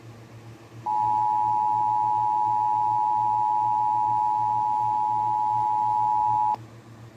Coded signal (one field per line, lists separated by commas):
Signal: Emergency Alert System (SAME) tones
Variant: 853 and 960 Hz attention tone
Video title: EAS #101/112 | Minnesota's Required Monthly Test - 06/07/2023